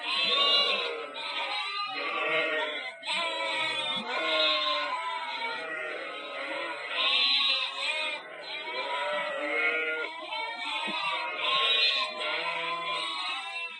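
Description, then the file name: Sheep bleating, many wavering harmonic bleats overlapping almost without pause as a flock calls together throughout. "ovce"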